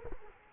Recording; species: mosquito wingbeat signal from an infrared sensor; Culex quinquefasciatus